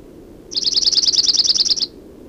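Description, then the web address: Chipping Sparrow trill, a rapid, mechanical series of high chipping notes held level for over a second against quiet background. "Chipping Sparrow Sounds --LNSCourse Cassette"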